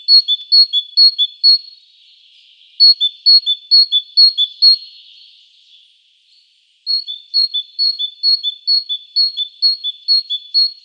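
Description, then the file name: Great tit song, clear two-note whistled phrases repeated rapidly in three bursts, high then low notes alternating, with brief pauses between bursts. "Parus major"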